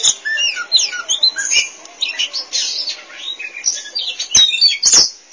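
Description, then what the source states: Oriental magpie-robin song of high, quick whistles and squeaky slurred notes, interrupted by a few loud sharp clicks. Kacer song.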